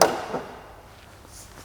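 A removable body panel is slid back into a sports car body, front edge first, and snaps into place with a sharp click and thud at 0.0 s. A softer secondary knock follows around 0.3 s, and then quiet. The panel is seated.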